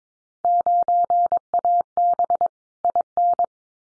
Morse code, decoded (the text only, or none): 9AB IN